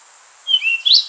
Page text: Rufous-Tailed Flycatcher Song. Quick Sounds